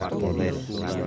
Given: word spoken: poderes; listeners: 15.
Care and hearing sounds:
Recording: one Spanish word in noise, from a listening test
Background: eight-talker babble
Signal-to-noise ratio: -3.5 dB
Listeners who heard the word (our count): 2 of 15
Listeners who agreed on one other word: 7 of 15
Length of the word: 0.67 s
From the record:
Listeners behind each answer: 7, 2, 1, 1, 1, 1, 1, 1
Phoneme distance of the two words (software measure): 14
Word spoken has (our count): 3 syllables, 7 phonemes, stress on syllable 2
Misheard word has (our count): 2 syllables, 5 phonemes, stress on syllable 2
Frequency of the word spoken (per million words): 37.63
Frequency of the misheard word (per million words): 438.52

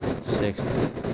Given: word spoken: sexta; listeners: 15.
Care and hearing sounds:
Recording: one Spanish word in noise, from a listening test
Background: noise modulated by three-talker babble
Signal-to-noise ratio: -5.9 dB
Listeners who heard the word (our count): 3 of 15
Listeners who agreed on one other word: 11 of 15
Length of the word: 0.74 s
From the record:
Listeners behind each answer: 11, 3, 1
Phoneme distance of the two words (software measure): 10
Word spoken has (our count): 2 syllables, 6 phonemes, stress on syllable 1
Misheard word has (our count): 2 syllables, 6 phonemes, stress on syllable 1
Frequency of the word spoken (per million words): 11.43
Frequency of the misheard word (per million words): 18.59

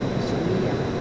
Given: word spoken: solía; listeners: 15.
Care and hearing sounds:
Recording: one Spanish word in noise, from a listening test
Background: speech-shaped noise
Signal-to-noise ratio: -5.2 dB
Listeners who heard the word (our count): 3 of 15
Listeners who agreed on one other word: 6 of 15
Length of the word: 0.61 s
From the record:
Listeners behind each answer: 6, 3, 1, 1, 1, 1, 1, 1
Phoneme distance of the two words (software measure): 20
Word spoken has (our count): 3 syllables, 5 phonemes, stress on syllable 2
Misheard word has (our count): 3 syllables, 5 phonemes, stress on syllable 2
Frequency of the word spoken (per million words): 20.59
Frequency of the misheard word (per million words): 8.52

